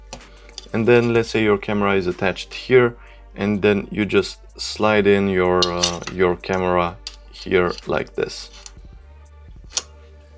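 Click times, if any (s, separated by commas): 9.8 s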